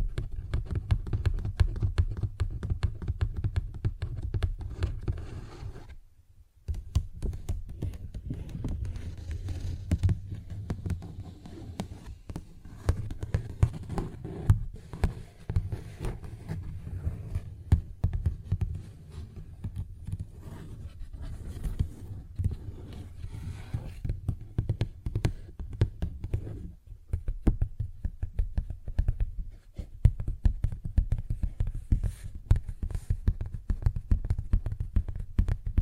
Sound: Paper Bag Tapping and Scratching Sounds